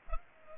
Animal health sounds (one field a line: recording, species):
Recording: mosquito wingbeat signal from an infrared sensor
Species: Culex pipiens